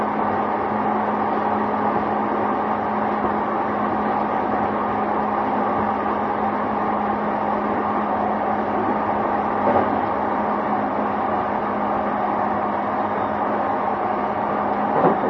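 A JR East E233 series train rolls along with a steady, even hum and a low constant drone, broken by brief clunks near 10 and 15 seconds.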